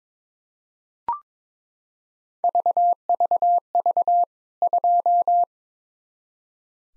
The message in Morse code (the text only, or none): VVV 2